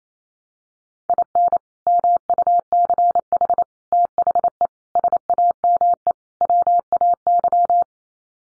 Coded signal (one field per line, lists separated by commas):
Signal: Morse code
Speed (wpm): 28 wpm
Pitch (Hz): 700 Hz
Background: none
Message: IN MUCH THE SAME WAY